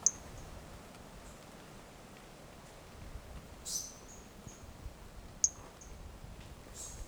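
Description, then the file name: Pumpkin toadlet calling, short thin high-pitched notes at irregular intervals over a faint hiss. Individual 05, recorded 18 January 2018; first note of the call missing; animal not collected. "Brachycephalus mirissimus 18 jan 2018 individual 05 ex 02 first note missing L F Ribeiro not collected"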